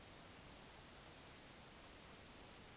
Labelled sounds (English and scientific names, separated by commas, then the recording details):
Eurasian Woodcock (Scolopax rusticola) whistle
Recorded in Baden-Württemberg, Germany, on 20 May 2021 at 19:51 UTC
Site 24606, 635 m above sea level